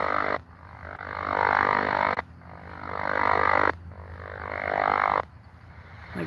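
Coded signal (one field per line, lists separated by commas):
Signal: radar signal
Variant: over-the-horizon radar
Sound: loud rasping buzz filling the band, cutting out briefly about every 1.5 seconds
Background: radio static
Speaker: a very strong Russian radar my goodness that took up so much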